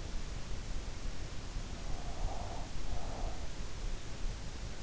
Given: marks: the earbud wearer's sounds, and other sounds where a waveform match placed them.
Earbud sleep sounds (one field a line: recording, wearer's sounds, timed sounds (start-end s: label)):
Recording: sounds in sleep by an in-ear microphone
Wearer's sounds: breath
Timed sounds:
1.62-3.94 s: breath